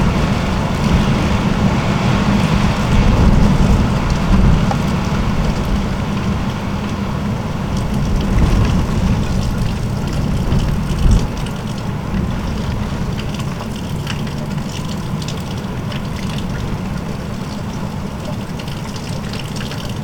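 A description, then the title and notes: Wind roars steadily in a storm, with a deep rumbling low end and a continuous hiss of rain across the higher range. The level stays dense and even throughout, briefly swelling around the first few seconds and again near eleven seconds before easing slightly. Wind and rain sounds from Storm Pia’s visit in Danish city.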